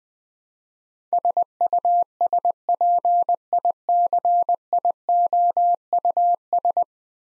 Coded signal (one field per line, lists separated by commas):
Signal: Morse code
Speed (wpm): 21 wpm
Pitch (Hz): 700 Hz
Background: none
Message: SUSPICIOUS